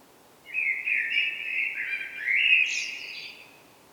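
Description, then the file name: Common blackbird delivering a rich, flowing whistled phrase that rises in pitch toward the end and closes with a brief high squeaky flourish. "Turdus merula"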